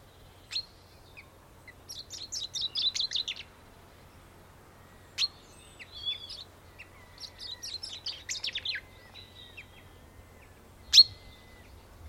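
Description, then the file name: Common chaffinch song: two quick rattling phrases about five seconds apart, with a few sharp clicks in between over a faint low hum. "Fringilla coelebs"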